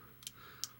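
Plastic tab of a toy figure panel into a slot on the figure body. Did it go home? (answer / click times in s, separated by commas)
yes / 0.3 s, 0.6 s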